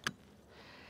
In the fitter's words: Once you've completed your cast, you want to turn your handle till you hear a click.